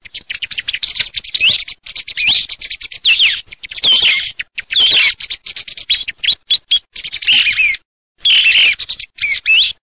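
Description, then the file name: Thrush singing varied phrases of clear whistles, sweeping slurs and scratchy notes, delivered in quick bursts with abrupt short gaps between them. "TORDO"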